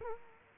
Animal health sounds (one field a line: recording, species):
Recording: mosquito wingbeat signal from an infrared sensor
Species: Culex quinquefasciatus